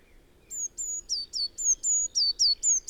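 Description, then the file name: Eurasian blue tit call, a brisk string of piercing high notes beginning after half a second, flat tones alternating with downward slides, around four each second. "Cyanistes caeruleus"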